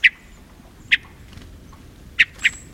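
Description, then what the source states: Hermit thrush giving short, sharp chuck notes, four in under three seconds at uneven intervals, against a quiet background. A call other than song, heard around hermit thrushes in a mountain forest in summer.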